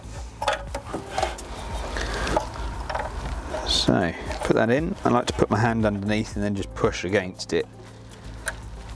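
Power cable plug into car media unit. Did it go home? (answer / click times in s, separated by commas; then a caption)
yes / 8.5 s. A power cable plug is pushed into the back of an Alpine Halo media head unit being installed in a VW T6 Transporter, with a hand underneath pushing against it, while someone talks. Several light knocks and handling sounds come first, and a sharp click at 8.5 s marks the connector seating.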